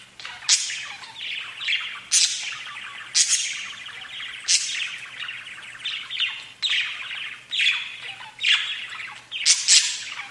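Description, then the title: Budgerigar squawks, sharp repeated shrieks, each followed by a short scratchy warble. "Budgie Sounds"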